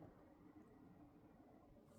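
A miniature planter box is lined up with its logo facing outward before being pushed into the book nook cafe base. Only a low, steady background hum is heard across the 2.1 seconds, with no sharp sounds. The box has not yet snapped into place.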